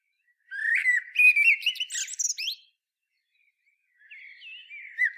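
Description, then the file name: Eurasian blackbird song, a single warbled phrase rising to a high squeaky twitter, followed by a soft quieter strophe. "Turdus merula"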